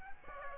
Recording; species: mosquito wingbeat signal from an infrared sensor; Aedes aegypti